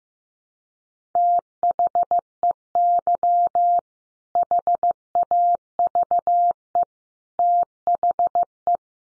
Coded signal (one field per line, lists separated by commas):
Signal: Morse code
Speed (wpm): 15 wpm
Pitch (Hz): 700 Hz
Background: none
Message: THEY HAVE THE